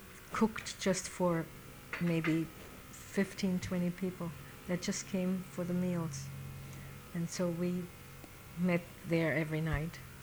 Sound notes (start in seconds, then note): none